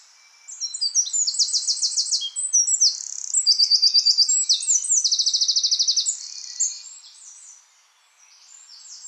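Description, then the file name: Eurasian wren song: a loud, rapid high-pitched outpouring of sharp notes and fast rattling trills, running for about six seconds before fading into softer twitters. "Troglodytes troglodytes"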